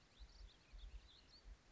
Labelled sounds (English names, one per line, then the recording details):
Warbling Vireo
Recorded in Sonoma County, California